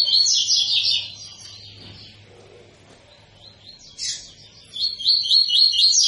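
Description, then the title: Double-collared seedeater song, a bright trilled phrase, a quiet pause, then sharp notes leading into rapid twittering trills. Tui-tui song type from a 'fibra' bird; teacher song used for training young birds. "COLEIRO TUI TUI FIBRA"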